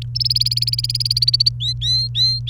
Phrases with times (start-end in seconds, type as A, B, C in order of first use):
0.15-1.49 A, 1.60-2.50 B